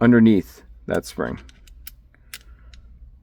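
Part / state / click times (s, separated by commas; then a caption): slide stop tab going under the frame spring of a pistol / seated / 1.9 s, 2.3 s. Someone talks briefly as the silver slide stop tab of a Sig P238/938 pistol is pushed back in underneath the frame spring. Sharp clicks are heard at 1.9 s and 2.3 s as it goes in with a grind, and downward pressure confirms the slide stop is seated in place.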